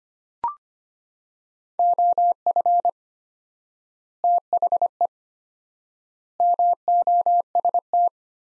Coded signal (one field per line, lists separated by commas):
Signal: Morse code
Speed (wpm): 25 wpm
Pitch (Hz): 700 Hz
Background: none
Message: OF THE MOST